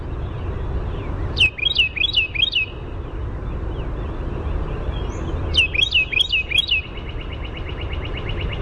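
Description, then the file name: Carolina wren sings two bouts of four to five bright repeated phrases, a long gap between them, over low constant background noise. "CARW song"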